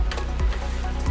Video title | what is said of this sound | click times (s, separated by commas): Como fazer LIMPEZA no PS4 com troca da PASTA TÉRMICA - Ps4 fazendo barulho, como limpar? [COMPLETA] | Pronto já tá travado dois tipo terminou a parte superior vira o game conta a cabeça | 0.1 s, 0.4 s